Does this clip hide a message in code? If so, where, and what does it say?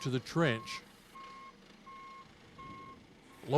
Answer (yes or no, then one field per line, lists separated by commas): no